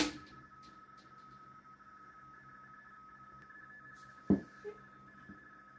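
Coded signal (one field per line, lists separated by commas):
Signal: RTTY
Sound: steady warbling two-tone teletype chatter, interrupted by one low thump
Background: handling thump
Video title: XIEGU X6100 - R1CBU Soft in RTTY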